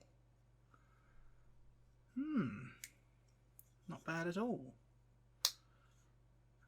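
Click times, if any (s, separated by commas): 5.5 s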